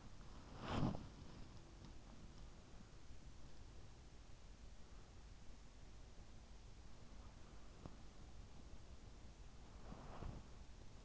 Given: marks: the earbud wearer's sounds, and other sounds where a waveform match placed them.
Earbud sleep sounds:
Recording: sounds in sleep by an in-ear microphone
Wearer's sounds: body movement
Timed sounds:
0.00-1.97 s: body movement
9.25-11.05 s: body movement

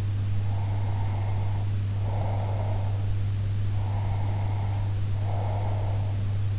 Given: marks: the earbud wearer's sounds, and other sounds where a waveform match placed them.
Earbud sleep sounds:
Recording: sounds in sleep by an in-ear microphone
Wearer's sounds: breath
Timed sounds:
0.46-3.04 s: breath
3.75-6.15 s: breath

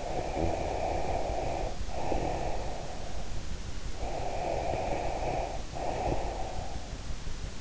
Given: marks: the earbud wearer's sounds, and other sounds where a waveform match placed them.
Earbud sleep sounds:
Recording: sounds in sleep by an in-ear microphone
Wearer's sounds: breath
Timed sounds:
0.00-3.29 s: breath
3.96-6.88 s: breath

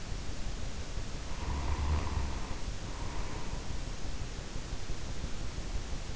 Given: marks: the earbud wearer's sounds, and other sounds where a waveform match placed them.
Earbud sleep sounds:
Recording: sounds in sleep by an in-ear microphone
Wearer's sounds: snoring breath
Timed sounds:
1.17-3.81 s: snoring breath

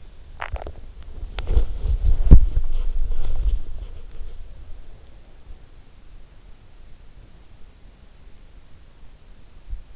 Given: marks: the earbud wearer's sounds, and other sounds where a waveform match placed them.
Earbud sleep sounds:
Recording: sounds in sleep by an in-ear microphone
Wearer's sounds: swallowing, body movement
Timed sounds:
0.00-0.98 s: swallowing
1.11-4.58 s: body movement

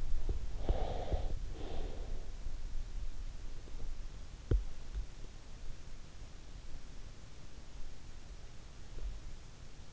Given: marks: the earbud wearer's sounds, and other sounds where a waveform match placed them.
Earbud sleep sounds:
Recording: sounds in sleep by an in-ear microphone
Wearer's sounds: breath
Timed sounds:
0.00-3.02 s: breath

